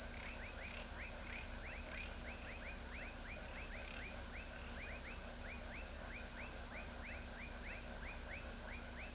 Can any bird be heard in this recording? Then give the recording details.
no. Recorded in pastures near Pivijay, Magdalena, Colombia, on 3 June 2023 at 21:00. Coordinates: 10.456, -74.369. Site P6-G026